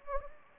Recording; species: mosquito wingbeat signal from an infrared sensor; Anopheles gambiae